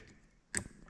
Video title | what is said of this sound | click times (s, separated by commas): 2026 Can-Am HD11 Defender Smart LED Hood Light Install | And you'll hear a click. | 0.6 s